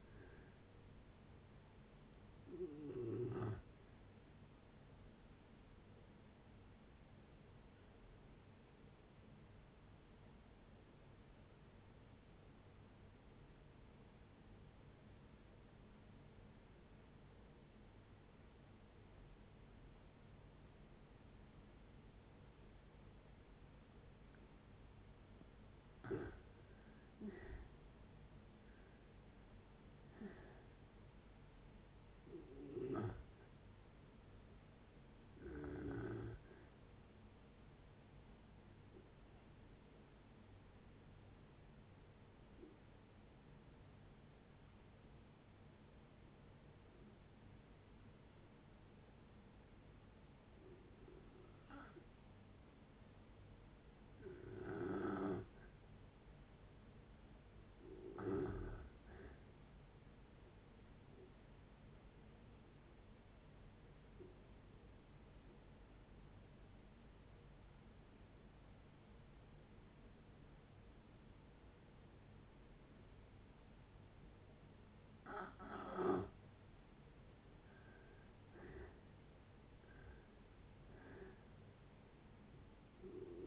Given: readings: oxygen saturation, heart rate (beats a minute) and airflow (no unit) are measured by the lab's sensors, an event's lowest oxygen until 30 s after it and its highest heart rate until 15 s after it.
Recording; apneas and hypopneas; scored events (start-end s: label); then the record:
breathing in sleep by a voice recorder at the bedside; 3
5.00-26.10 s: hypopnea (N2, oxygen 97% highest, then 80% lowest, heart rate 41 at the start, 76 highest)
36.00-58.80 s: hypopnea (N2, oxygen 96% highest, then 85% lowest, heart rate 76 at the start, 76 highest)
64.00-79.10 s: hypopnea (N2, oxygen 94% highest, then 84% lowest, heart rate 66 at the start, 76 highest)
65.00-83.47 s: new sleep stage, N1 (lightest sleep)
From the record:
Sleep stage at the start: N2 (light sleep); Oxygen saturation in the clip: 80 to 97%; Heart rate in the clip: 41 to 81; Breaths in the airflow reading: 12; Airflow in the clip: -8.1 to 8.7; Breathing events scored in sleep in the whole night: 496 in 5.4 hours asleep